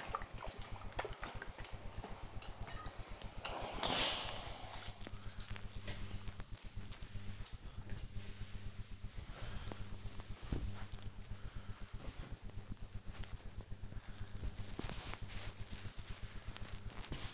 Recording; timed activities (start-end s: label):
household activities, microphone on the right wrist
0.00-17.34 s: ironing laundry